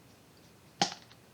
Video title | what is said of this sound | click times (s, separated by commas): Making The Letter E With Playdough | Did you hear it snap? | 0.8 s